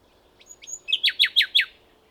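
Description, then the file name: Common nightingale song: two soft high whistles, then five loud, emphatic downslurred strokes in quick succession. "Luscinia megarhynchos"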